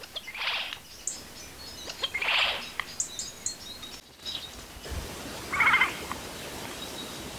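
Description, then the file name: Eurasian jay uttering rasping screeches, two close together early on and a louder one later, with faint chirps and a brief noise dropout between them. "Garrulus glandarius"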